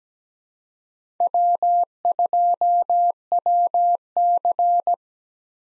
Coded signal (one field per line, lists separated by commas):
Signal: Morse code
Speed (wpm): 17 wpm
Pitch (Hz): 700 Hz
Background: none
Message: W2WC